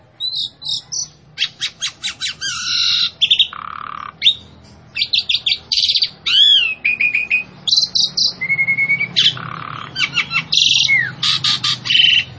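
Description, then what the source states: Javan pied starling in persistent calling: dense varied chatter of clicks, buzzy rasps, ringing whistles and squeals, barely pausing, over a faint low hum. Female, vocal and persistent calling.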